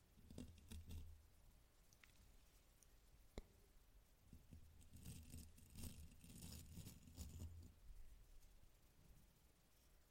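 Brushing and rubbing directly on a microphone, with soft scratchy strokes and low rumbling thumps. Bursts come around the first second and again from about five to eight seconds, with a sharp click near three and a half seconds and quieter rustling between.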